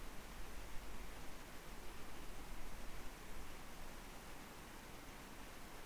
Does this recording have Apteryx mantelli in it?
no